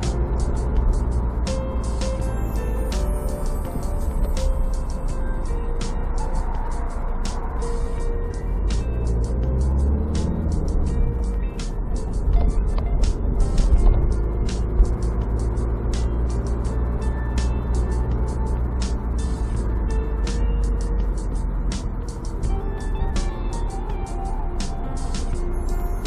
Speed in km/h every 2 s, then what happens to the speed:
27, 23, 17, 14, 14, 20, 22, 25, 28, 26, 20, 17, 16.
0-6 slows to 14. 6-16 speeds up to 28. 16-21 slows to 17.